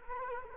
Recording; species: mosquito wingbeat signal from an infrared sensor; Culex quinquefasciatus